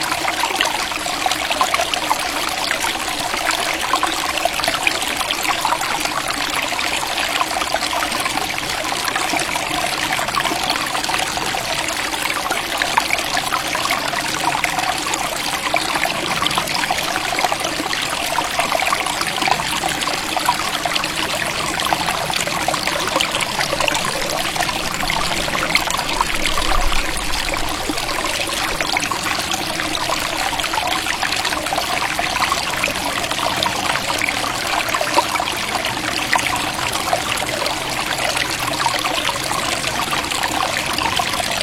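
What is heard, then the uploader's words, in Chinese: A small stream flows gently and without pause, a steady, dense trickle and babble of water that stays at an even level for the whole stretch. The sound sits mostly in the middle and upper range, bright and fizzy, with little low rumble. 溪水流淌声。终于找到一处无人烟的绿地。小溪缓缓流淌着。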